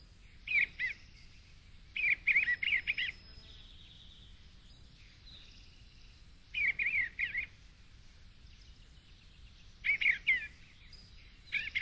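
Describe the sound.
Eastern bluebird song: short warbled phrases of soft, wavering notes, delivered in bursts at irregular intervals.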